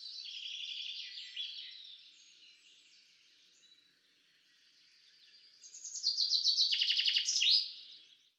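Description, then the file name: Common chaffinch: soft high twittering, then a loud song, a rapid trill finished with an emphatic terminal flourish. "Fringilla coelebs"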